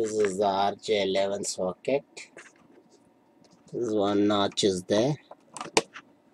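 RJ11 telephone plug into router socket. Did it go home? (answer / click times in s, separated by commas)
yes / 5.8 s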